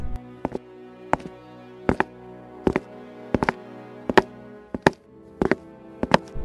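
Slow footsteps of someone in slippers echo along a hallway, coming steadily closer, a steady series of soft slapping taps, often in quick pairs, over a low sustained hum.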